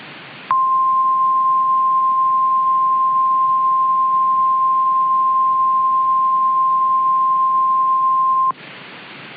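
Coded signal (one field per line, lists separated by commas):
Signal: Emergency Alert System (SAME) tones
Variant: 1050 Hz attention tone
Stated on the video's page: Fictional EAS scenario alert, not a real broadcast.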